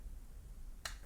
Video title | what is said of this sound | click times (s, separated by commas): How to Fix PowerBeats Pro If Only One Side is Working | You absolutely need to push them, you see, and hear that click. | 0.9 s